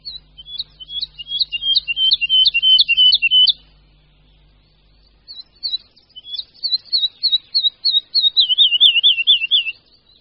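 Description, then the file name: Woodlark song in two bursts of quick, liquid, repeated whistles that slide downward, with a pause between them and a low hum under the first phrase. "Skřivan-lesní"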